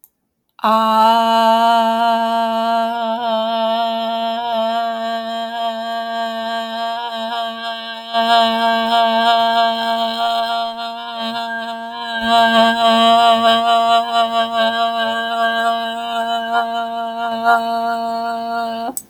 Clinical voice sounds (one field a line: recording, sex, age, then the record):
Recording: vowel held as long as possible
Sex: female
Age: 40 to 49 years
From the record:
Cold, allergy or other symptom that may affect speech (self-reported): no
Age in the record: 46 years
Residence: Utah, United States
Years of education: 17